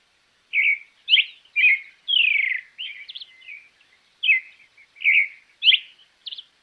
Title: ZORZAL CHALCHALERO